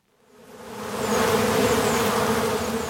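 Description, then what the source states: Honeybees buzzing, a dense steady hum that swells in over the first second and then holds even and continuous. Honeybees at beekeeper Mark Welsh's hives in a downtown garden in Omaha, Nebraska, on a sunny spring day while he checks the hives.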